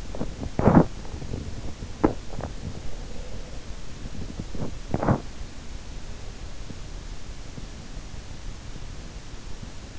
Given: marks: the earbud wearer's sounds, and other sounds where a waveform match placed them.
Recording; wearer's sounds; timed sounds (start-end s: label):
sounds in sleep by an in-ear microphone; teeth grinding
0.00-5.62 s: teeth grinding